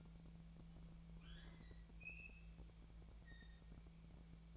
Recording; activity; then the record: daily activity, microphone in the room; open fridge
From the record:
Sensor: 1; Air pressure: 1000.0 hPa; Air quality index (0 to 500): 137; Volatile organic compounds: 2 ppm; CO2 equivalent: 1292 ppm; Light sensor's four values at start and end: 30/76/32/38 and 30/75/31/38